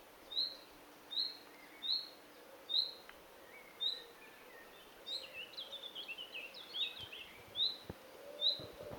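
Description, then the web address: Common nightingale giving a series of repeated whistled notes, broken midway by a jumbled burst of varied chirping notes. "SETE data Luscinia megarhynchos"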